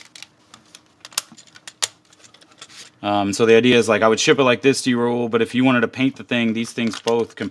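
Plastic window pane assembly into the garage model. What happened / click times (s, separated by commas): The plastic model piece snapped into place / 1.8 s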